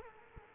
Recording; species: mosquito wingbeat signal from an infrared sensor; Culex quinquefasciatus